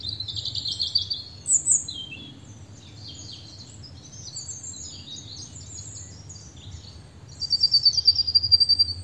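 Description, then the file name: European robin song, clear high-pitched sweet warbles and rapid trills, a pulsed trill at the end, set against a soft low hum. "Erithacus rubecula"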